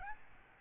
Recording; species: mosquito wingbeat signal from an infrared sensor; Aedes albopictus